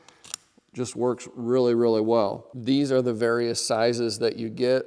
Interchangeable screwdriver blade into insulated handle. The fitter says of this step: and the unit pops out and then it clicks right in place so these aren't going to pull out inadvertently